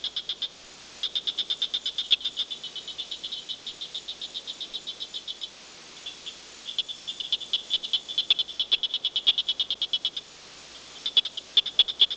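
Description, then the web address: Tree frog calling in quick trains of sharp clicking pulses, high-pitched and bright, with brief pauses between bursts of many notes. "frogs Family Hylidae"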